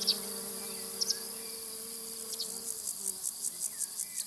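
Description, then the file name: Crickets keep up a high, even trill throughout over a low hum that stops partway. In a field. "Sounds from a Field Larks and Crickets"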